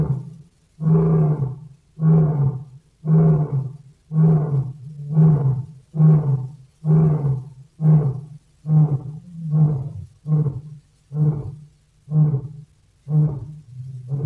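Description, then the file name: Lion roaring in a long steady series of short, deep grunting roars, about one each second, continuing throughout. "Golosa ptic i zverei - Lev"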